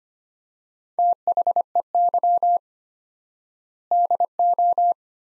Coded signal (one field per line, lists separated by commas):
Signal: Morse code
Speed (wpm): 25 wpm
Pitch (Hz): 700 Hz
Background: none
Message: THEY DO